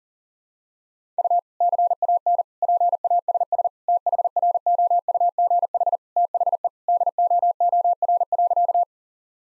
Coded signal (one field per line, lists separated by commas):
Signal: Morse code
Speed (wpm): 37 wpm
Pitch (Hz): 700 Hz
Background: none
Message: U CAN PASS THROUGH THE DOOR.